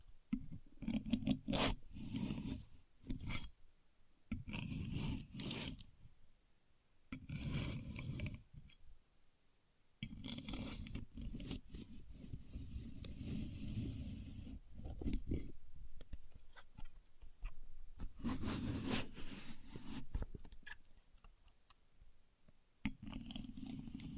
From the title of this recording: Using A Contour Gauge (No Talking)